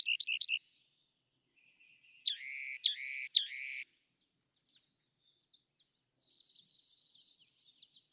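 Rock wren song: three quick chips, then three rough harsh notes, and finally four repeated buzzy notes, with quiet gaps in between.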